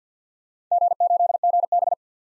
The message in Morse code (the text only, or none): G8GB